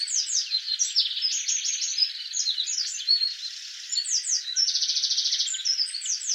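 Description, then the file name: Eurasian wren singing a loud, hurried stream of high chips and twittering phrases, ending in a fast, steady rattling trill and more sharp notes. "Troglodytes troglodytes"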